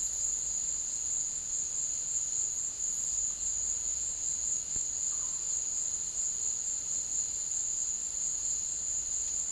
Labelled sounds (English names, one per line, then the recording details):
none
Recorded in secondary vegetation near Puerto Asís, Putumayo, Colombia, on 21 March 2025 at 15:00
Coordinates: 0.489, -76.322
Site G042